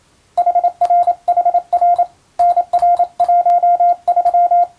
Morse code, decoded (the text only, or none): HRHR NR13